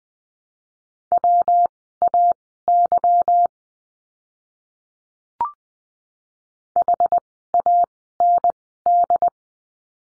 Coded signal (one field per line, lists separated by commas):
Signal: Morse code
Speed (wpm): 20 wpm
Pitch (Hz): 700 Hz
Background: none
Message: WAY HAND